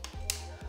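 A metal UTG Accu-Sync flip-up sight with a release button, mounted on the rail of an FM9 pistol, is flipped up. It snaps into its locked upright position with a sharp click at 0.3 s. Music plays in the background.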